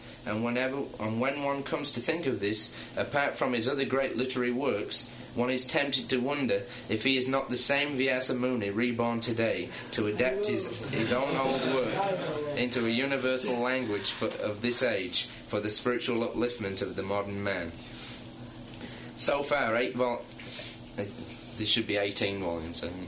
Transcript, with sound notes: and when one comes to think of this, apart from his other great literary works, one is tempted to wonder if he is not the same Vyāsa Muni reborn today to adapt his own old work [devotees respond enthusiatically] into a universal language of this age for the spiritual upliftment of the modern man.
"So far eight volumes...," this should be "eighteen volumes," I think,